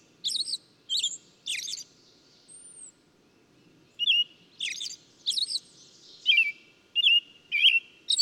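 Bird song of quick high chirps and trilled notes in short bursts, a lone thin slurred whistle in a pause, then sharper twittering phrases resuming.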